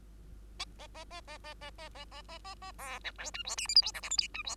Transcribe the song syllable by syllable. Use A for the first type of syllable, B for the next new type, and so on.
A A A A A A A A A A A A A B C D E F G H I J K L M N E F